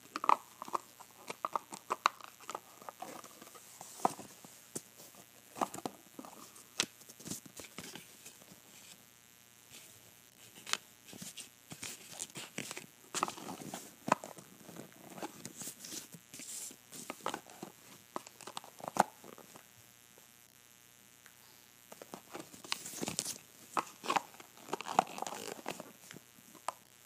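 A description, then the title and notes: A box of jewelry is opened and closed, with frequent bright clicks, clinks and rattles in bursts over a steady low hum. Opening and Closing my Box of Jewelry.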